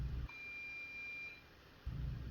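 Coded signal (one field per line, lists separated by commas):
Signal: beep code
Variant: ceiling fan receiver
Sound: one long steady high-pitched beep lasting about a second, between low rumbling noise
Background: low rumble, room noise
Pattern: 1 long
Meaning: A single long beep confirms the fan timer was cancelled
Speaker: long beep to cancel the timer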